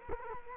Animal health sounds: mosquito wingbeat signal from an infrared sensor; Culex quinquefasciatus

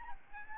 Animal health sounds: mosquito wingbeat signal from an infrared sensor; Aedes albopictus

